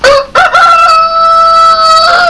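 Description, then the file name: Rooster crowing: a short opening note, then a long, loud, harmonic cock-a-doodle-doo held at a steady pitch for nearly two seconds before dropping at the end. "coq"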